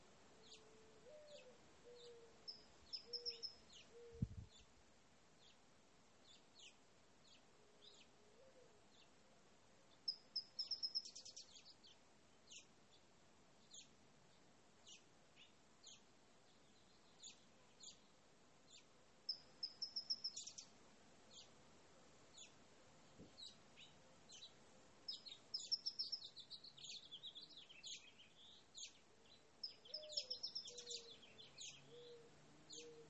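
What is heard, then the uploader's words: Birds chirp in a backyard, with short high tweets and trills scattered through the recording, clustering around 11, 20, 26 and 31 seconds. A low, steady background hum runs throughout, broken by a single dull thump near four seconds. Birds Chirping. Enjoy this peaceful recording of the sounds in my backyard.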